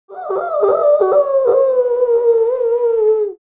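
Dog howling: one sustained, slightly wavering tone lasting about three seconds, broken at the start and slowly falling in pitch.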